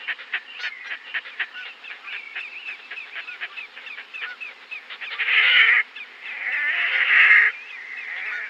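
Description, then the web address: Red-necked grebe with uneven, scratchy chattering notes followed by two long, loud, drawn-out wailing cries near the end. Western USA. "Songs of Birds of North America Western USA Songbirds. Red-Necked Grebe"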